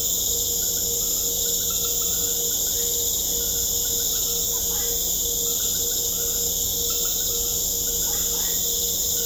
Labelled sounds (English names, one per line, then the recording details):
none
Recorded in secondary vegetation near Puerto Asís, Putumayo, Colombia, on 21 December 2024 at 19:00
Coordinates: 0.500, -76.326
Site G065